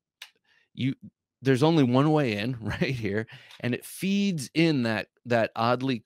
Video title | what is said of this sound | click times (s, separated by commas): Top 10 (Plus One) Neck Knives - Podcast Episode 291 | So it snaps right in. | 0.2 s